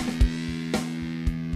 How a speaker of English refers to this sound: Got this new distortion pedal. It's really fucking badass. Like, I can go from sound like this. Okay, this is without pedal. Sounds like this. And with the pedal, it's like.